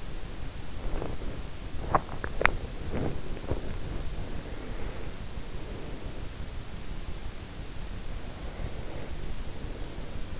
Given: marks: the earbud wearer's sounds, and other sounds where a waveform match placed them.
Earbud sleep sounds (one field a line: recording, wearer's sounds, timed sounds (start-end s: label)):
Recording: sounds in sleep by an in-ear microphone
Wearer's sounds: teeth grinding, breath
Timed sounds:
0.00-4.33 s: teeth grinding
4.12-6.38 s: breath
8.12-10.40 s: breath